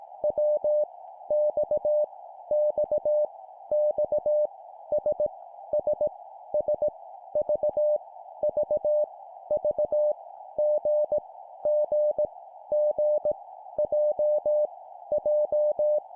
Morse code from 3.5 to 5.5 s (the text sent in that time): X S